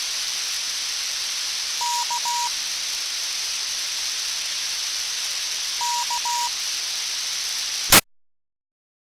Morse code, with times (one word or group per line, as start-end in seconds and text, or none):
1.8-2.5 K
5.8-8.0 KE